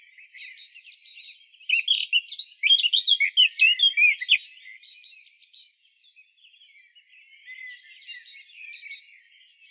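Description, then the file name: Eurasian blackcap giving a quick jumble of chirps and short whistles, loudest in the first half, then a pause and softer twittering. "Sylvia atricapilla"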